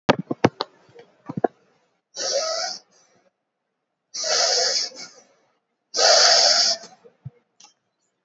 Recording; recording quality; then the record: shallow breathing; excellent, no background noise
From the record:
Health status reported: recovered from COVID-19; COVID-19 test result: positive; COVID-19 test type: RT-PCR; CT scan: taken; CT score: 12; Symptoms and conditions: cough, fever, fatigue, another condition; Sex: female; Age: 65 years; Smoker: no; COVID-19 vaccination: both doses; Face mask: not worn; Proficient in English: yes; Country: India